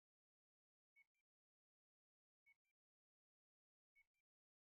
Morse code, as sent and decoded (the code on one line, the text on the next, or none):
none